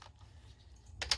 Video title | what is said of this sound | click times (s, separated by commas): How to Replace LCD Screen for Acer Chromebook CB3 111 Series (30-pin) | on the corners gently pushed in and snap you can hear the clicks | 1.0 s, 1.1 s